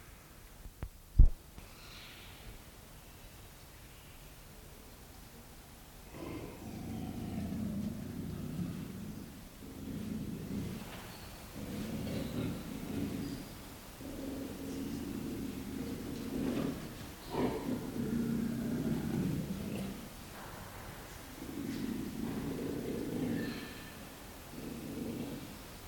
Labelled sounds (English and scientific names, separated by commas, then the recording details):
Leopard (Panthera pardus)
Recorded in captivity
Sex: female
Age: adult
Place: Tierpark Berlin, Berlin, DE
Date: 1993-12-18 12:35
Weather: bedeckt, 2°C
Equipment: Marantz CP 430, Sennheiser MKH 416 T, Kopie Uher Variocord 263
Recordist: Tembrock, Günter